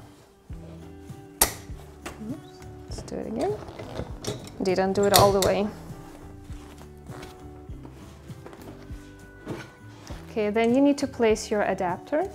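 A support rod of an Elinchrom Snaplux collapsible octabox softbox is pushed down all the way into the speed ring and seats with a loud, sharp click at 1.4 s. Afterwards someone talks over quieter handling noises, with faint background music.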